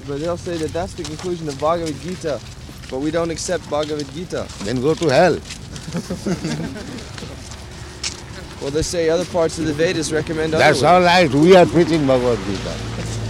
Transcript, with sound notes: But they'll say that that's the conclusion of Bhagavad-gītā, but we don't accept Bhagavad-gītā.
Then go to hell. [laughter]
Well, they say other parts of the Vedas recommend other ways.
That's all right. We are preaching Bhagavad-gītā.